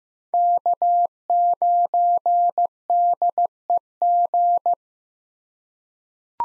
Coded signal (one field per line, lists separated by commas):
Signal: Morse code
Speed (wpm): 15 wpm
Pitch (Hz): 700 Hz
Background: none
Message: K9DEG